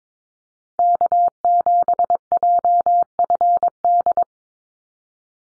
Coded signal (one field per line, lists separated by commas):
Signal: Morse code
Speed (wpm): 22 wpm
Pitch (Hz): 700 Hz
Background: none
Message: K7JFD